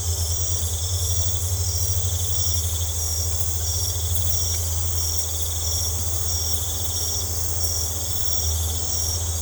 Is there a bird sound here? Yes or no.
no